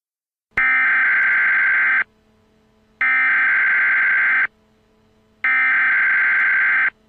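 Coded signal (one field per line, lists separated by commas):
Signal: Emergency Alert System (SAME) tones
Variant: header bursts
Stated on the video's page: Fictional custom EAS scenario, not real, about freezing temperatures.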